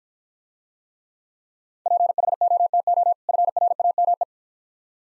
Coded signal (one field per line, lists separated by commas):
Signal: Morse code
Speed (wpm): 51 wpm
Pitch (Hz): 700 Hz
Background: none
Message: PHOTO FRAME